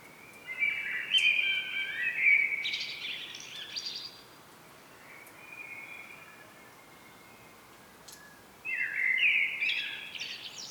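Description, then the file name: Common blackbird singing three phrases of fluty whistled warbling, some finishing with a squeaky high twitter, the middle phrase quieter. "Turdus merula"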